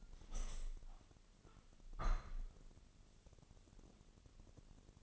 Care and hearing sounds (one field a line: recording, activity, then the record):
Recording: daily activity, microphone in the room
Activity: open window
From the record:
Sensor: 4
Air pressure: 1001.3 hPa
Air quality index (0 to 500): 174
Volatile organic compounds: 2 ppm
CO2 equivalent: 1243 ppm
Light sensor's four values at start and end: 12/28/11/12 and 12/28/11/12